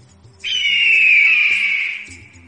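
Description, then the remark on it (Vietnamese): A single long, loud horn blast holds a steady, reedy tone for about a second and a half, sagging slightly in pitch before cutting off, over a low background hum. “Nguyên Chiến rống to, hắn sợ Cửu Phong không nghe thấy, còn gỡ kèn xuống thổi lên.”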